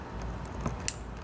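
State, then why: Released. A plastic locking sleeve on the wiring harness connector for the rear window motor of a 2003–2008 Toyota Corolla is pulled all the way back before the connector is plugged in. After a faint tick at about 0.7 s, it gives one sharp, bright little click at 0.9 s, and the sleeve is released into its rearmost position.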